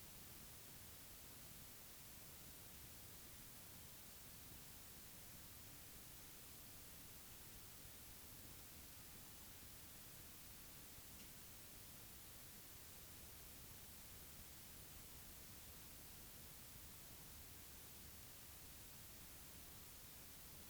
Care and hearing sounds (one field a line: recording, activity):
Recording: daily activity, guitar pickup as the sensor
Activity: stand